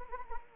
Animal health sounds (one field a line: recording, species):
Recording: mosquito wingbeat signal from an infrared sensor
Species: Anopheles arabiensis